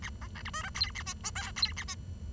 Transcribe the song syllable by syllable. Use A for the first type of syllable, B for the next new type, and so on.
A B C D E F G A H I J G A H